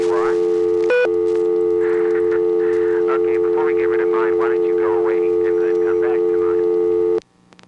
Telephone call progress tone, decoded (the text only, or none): dial tone